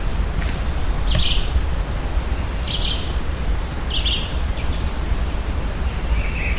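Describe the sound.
Birds giving short, high chirps and slurred notes, repeated many times over a steady low rumble of background noise.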